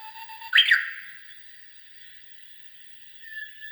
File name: 휘파람새